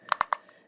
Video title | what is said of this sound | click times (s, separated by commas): Star Wars: The Black Series - 40th Anniversary Legacy Collection: R2D2 | hear that audio ball click meaning his leg is all the way down and then | 0.1 s, 0.2 s, 0.3 s